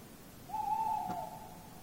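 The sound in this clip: Tawny owl hooting: one long, steady, mellow note that stays level throughout, against faint background hiss.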